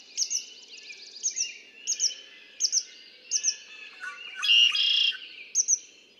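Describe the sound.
Red-winged blackbird song, a coarse buzzing trill in the second half, set among quick doubled high chirps that repeat regularly.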